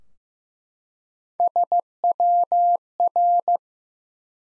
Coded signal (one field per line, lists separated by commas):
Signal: Morse code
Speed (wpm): 15 wpm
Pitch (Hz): 700 Hz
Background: none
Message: SWR